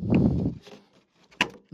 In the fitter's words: go you see it's snaps right into